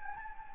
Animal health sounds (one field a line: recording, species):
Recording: mosquito wingbeat signal from an infrared sensor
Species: Anopheles gambiae